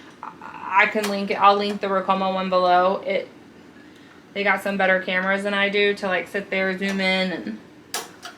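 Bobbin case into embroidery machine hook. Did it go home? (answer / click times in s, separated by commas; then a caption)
yes / 7.9 s. Someone talks while a bobbin case is inserted into the rotary hook of a Ricoma MT-1501 embroidery machine. A sharp click is heard at 7.9 s as the bobbin case seats in place, followed by a fainter tap around 8.2 s.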